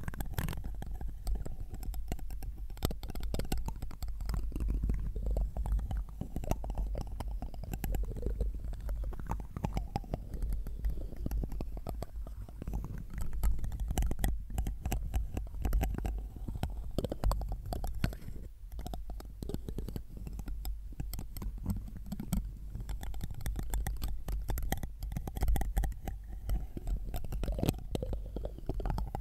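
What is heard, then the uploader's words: Intense microphone triggers fill the whole half-minute: dense rubbing, tapping and crinkling directly on the mic, with no pauses. Deep thumping and muffled rumble dominate underneath, while sharper crackles and clicks flicker constantly across the top, steady in loudness throughout. ASMR Intense Mic Triggers To Itch Your Brain(No Talking).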